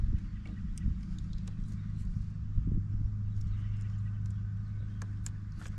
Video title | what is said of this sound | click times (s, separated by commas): Amazon Front Camera Install on Gladiator | and you just want to go until you hear a click and it clicked | 5.3 s